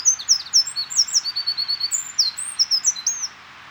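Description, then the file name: Eurasian wren singing a loud, high-pitched burst of quick twittering notes and short slurred whistles, ending abruptly after about three seconds. "Troglodytes troglodytes"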